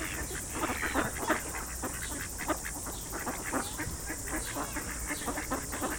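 Ducks giving a dense chorus of short quacking calls, many birds overlapping continuously with no pauses, over a constant hiss.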